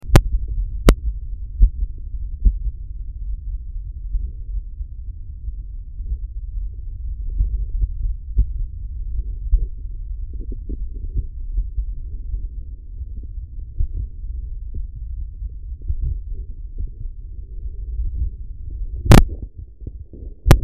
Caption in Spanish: Auscultación cardiaca del paciente en la que se escucha una marcada bradicardia con ritmo irregular y momentos de pausa prolongada.